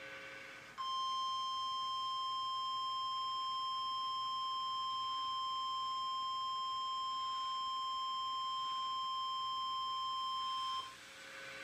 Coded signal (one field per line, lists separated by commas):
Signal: Emergency Alert System (SAME) tones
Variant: 1050 Hz attention tone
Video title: EAS #268 - Severe Thunderstorm Warning (Live Stream) 4-27-2014